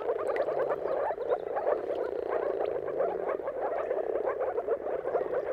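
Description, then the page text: Dense moor frog chorus of rapid, soft bubbling notes without a pause. Chorus of moor frogs giving mating calls at sunrise, at the turn of March and April, timing depending on the weather. "Jakub Orzecki moor frogs. Dawn’s Chorus: Mating Calls of Marsh Frogs at Sunrise. Depending on the weather at the turn of March and April, you can witness an amazing spectacle of moor frogs"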